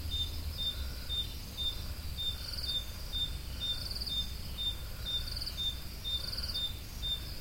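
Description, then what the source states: Crickets chirping: short high pulses repeated about twice a second in a steady run, with a second fainter higher chirper overlapping and low background rumble. Recorded at Roodekopjes.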